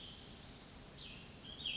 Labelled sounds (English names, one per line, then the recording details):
Cassin's Vireo
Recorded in Sonoma County, California